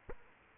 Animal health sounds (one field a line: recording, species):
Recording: mosquito wingbeat signal from an infrared sensor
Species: Aedes aegypti